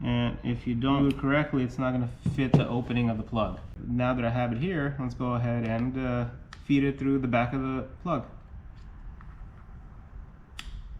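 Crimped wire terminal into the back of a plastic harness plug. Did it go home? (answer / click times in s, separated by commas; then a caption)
no / none. Someone talks while holding a crimped metal terminal on a wire, ready to feed it into the back of a plastic harness connector plug during a light bar install on a 2024+ Lexus GX 550 with 11-inch light bars. After the talking stops around 8.2 s, there is quiet handling with brief sharp ticks at about 9.2 s and 10.6 s. Nothing has seated or clicked into the plug yet.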